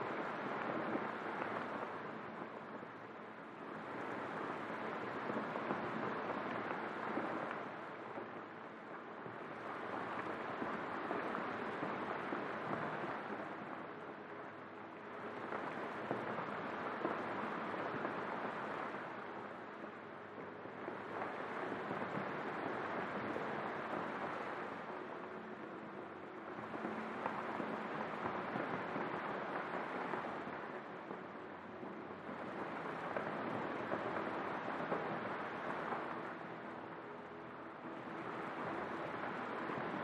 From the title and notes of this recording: Atmospheric chords underneath the peaceful sound of rain going in and out with your breathing.